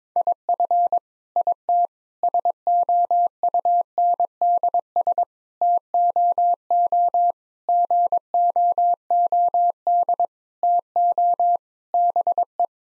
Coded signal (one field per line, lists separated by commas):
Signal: Morse code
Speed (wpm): 22 wpm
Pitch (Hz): 700 Hz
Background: none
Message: IF IT SOUNDS TOO GOOD TO BE